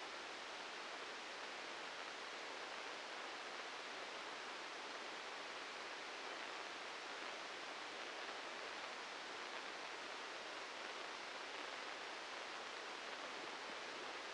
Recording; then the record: brain microelectrode recording played as sound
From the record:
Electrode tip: outside the subthalamic nucleus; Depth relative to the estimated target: -2 mm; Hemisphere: left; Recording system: NeuroSet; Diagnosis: Parkinson's disease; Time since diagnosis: 13 years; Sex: male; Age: 63 years